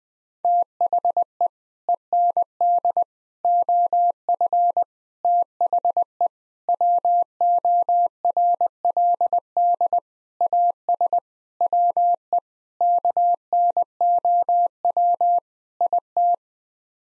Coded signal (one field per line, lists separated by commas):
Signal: Morse code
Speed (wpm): 20 wpm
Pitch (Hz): 700 Hz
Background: none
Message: THE END OF THE WORLD AS WE KNOW IT